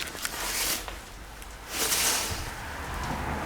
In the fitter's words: Plug it in. Hear it click.